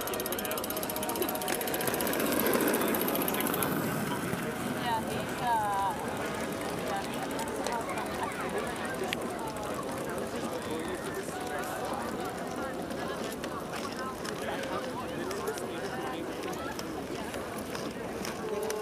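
Hundreds of people go about their activities on the Tempelhofer Freiheit in Berlin, a steady murmur of many voices and movement. A louder rushing swell rises in the first few seconds, then settles into an even crowd din with scattered voices and clicks throughout.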